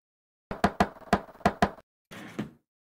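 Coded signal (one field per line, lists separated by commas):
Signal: tap code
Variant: secret door knock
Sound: five knocks on wood in groups of two, one, two, then a brief rustle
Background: game sound effects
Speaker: das könnte hinkommen aber sicher bin ich mir nicht konntest du zur sicherheit noch einmal das alte klopfen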